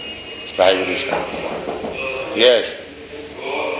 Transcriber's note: knocking at door